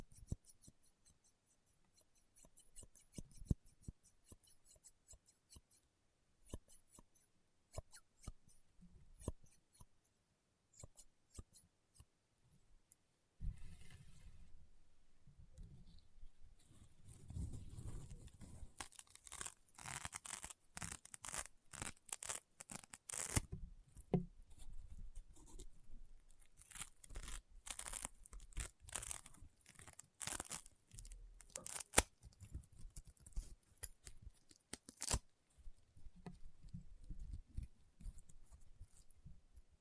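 Crunchy, popping slime sounds: the first thirteen seconds hold sparse, sharp clicks and pops over near silence. Then the sound thickens into louder, steady crunching with dense crackles and snaps, busiest between about twenty and thirty-five seconds, easing slightly at the end.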